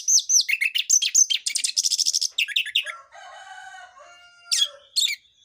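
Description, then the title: Orange-headed thrush song: rapid run of varied high whistled and chirped notes, some trilled, then a quieter stretch of lower humming tones before two sharp high notes. Lure and tutoring recording of an energetic singing orange-headed thrush with dense song material, meant for tutoring juvenile orange-headed thrushes. "PANCINGAN Anis Merah Gacor Materi Isian Rapat Cocok Untuk MASTERAN Anis Merah TROTOL"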